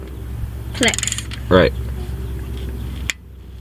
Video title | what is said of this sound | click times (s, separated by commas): First oil change. | right it clicked | 3.1 s